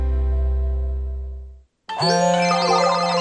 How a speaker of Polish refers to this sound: Słyszysz? To tysiące przedsiębiorców właśnie odbiera telefon z nowym zleceniem.